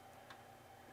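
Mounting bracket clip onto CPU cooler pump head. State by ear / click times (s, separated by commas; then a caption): partly seated / 0.3 s. A second plastic clip of a mounting bracket is pressed onto the pump head of a TUF water cooler being installed on an AMD motherboard and CPU. A single short tick is heard at 0.3 s over a low steady background. The clip clicks but is not fully seated.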